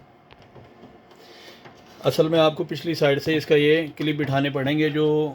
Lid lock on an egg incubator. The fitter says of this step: ये देखें machine lock हो गई है।